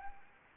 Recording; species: mosquito wingbeat signal from an infrared sensor; Anopheles arabiensis